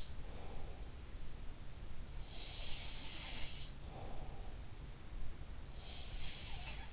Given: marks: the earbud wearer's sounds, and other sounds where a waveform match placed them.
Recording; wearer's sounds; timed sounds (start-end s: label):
sounds in sleep by an in-ear microphone; breath
0.16-1.06 s: breath
2.20-4.85 s: sound from someone else or the room
3.69-4.85 s: breath
5.67-6.93 s: sound from someone else or the room